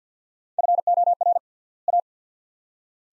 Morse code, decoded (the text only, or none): FOR A